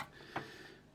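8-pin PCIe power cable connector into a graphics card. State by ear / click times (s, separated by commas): seated / 0.4 s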